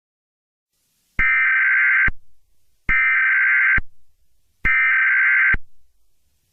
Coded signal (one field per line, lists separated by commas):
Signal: Emergency Alert System (SAME) tones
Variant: header bursts